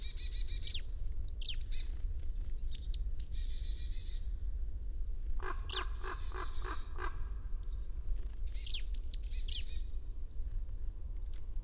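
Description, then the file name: Marsh tit calls: thin high chirps and downslurred notes, then a run of about six nasal, buzzy notes in quick succession, with more high chirps after, over a low steady rumble. "Poecile palustris"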